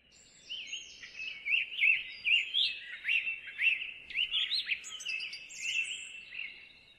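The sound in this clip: Bird song: a continuous, lively warble of rising and falling chirps and twitters, steady and bright, with no other sounds.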